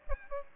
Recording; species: mosquito wingbeat signal from an infrared sensor; Aedes albopictus